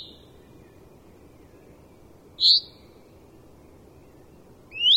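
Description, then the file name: Common chaffinch giving short, high calls: one bright clipped note midway, then a rising note at the very end, with steady low hiss between. "Fringilla coelebs"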